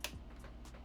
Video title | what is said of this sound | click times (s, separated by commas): Lian Li Lancool 217 White Wood Gaming PC Step-by-Step Guide on How to Build 🔥 | So you hear a nice click. | 0.0 s